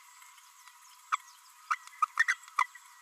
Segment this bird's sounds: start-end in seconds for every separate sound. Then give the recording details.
1.12-1.17, 1.70-1.76, 2.02-2.05, 2.28-2.36, 2.60-2.66. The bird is a female. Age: 32 days. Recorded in a nest box in Venezuela. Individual 17B32A5